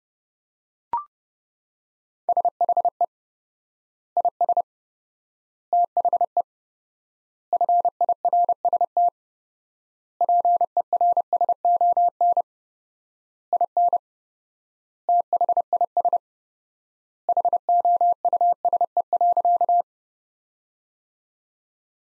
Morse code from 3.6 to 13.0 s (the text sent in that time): IS THE FIRST PERSON